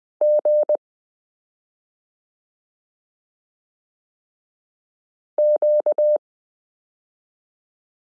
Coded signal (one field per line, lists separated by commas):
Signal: Morse code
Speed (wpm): 20 wpm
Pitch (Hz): 600 Hz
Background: none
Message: G Q